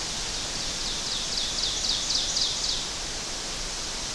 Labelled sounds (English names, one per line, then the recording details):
Ovenbird song
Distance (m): 35 m
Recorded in boreal forest in Alberta, Canada, on 12 June 2016 at 06:57
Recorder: SongMeter 3, array SBT-3-18
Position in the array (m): 246 m, 96 m
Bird 31